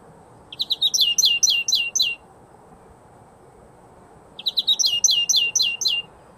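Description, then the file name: European greenfinch twitter: fast runs of sharp, slurred chirping notes in two bursts about two seconds long, separated by a quiet gap. "Chloris chloris"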